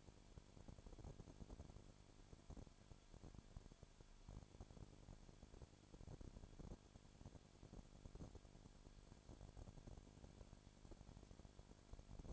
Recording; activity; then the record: daily activity, microphone in the room; no activity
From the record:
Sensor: 5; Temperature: 20.2 degrees Celsius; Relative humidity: 36.5%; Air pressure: 1001.2 hPa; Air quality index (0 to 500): 176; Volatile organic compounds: 4 ppm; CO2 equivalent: 1609 ppm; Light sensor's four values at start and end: 2/3/1/1 and 2/3/1/1